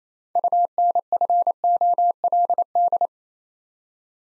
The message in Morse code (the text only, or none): UNFOLD